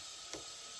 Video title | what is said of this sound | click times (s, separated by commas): Using cricut pens to personalize cards. | You're gonna open this, put your fingers here and hold this as you put it in. You hear it click, | 0.3 s